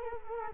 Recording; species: mosquito wingbeat signal from an infrared sensor; Culex quinquefasciatus